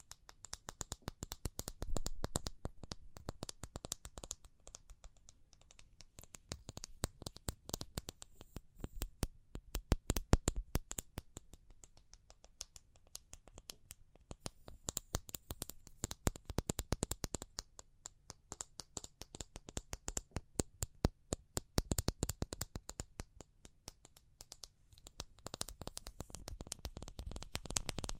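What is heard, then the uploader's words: Tapping runs throughout, sharp dry clicks coming in dense, quick bursts that loosen into sparser, slower stretches, notably around five to seven and fourteen seconds. The pace shifts back and forth between fast flurries and gentler taps, with faint scratchy, card-like textures between hits. ASMR Pure Tapping Fast and Slow (No Talking).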